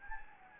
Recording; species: mosquito wingbeat signal from an infrared sensor; Anopheles gambiae